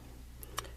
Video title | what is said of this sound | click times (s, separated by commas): Customer Commission - Robert's Graflex 2.0 | as soon as you lock it down you feel that nice click now | 0.6 s